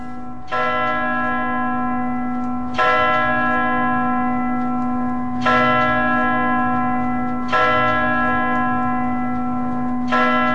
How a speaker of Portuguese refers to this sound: Então o relógio começou a bater as horas. bateu uma, duas, três, quatro, bateu 12.